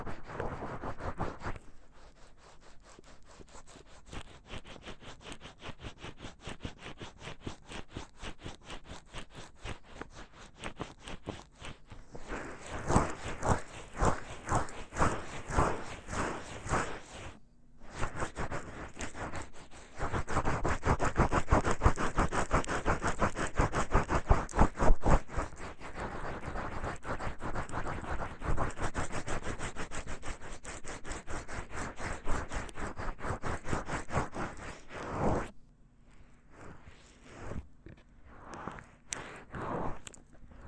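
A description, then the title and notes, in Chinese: Wet rubbing and squishing sounds of an ear massage with lotion, made of dense rapid strokes that run almost without pause. The rubbing grows louder and busier around the middle, with brief silences near 17 and 35 seconds before it eases off. ASMR×KU100 | 乳液耳朵按摩 | Ear Massage | NO Talking。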